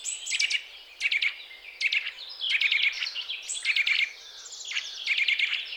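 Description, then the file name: Eurasian nuthatch calls, quick clusters of sharp metallic notes repeated in bursts about every second, high and piercing, with faint background hiss. "Sitta europaea"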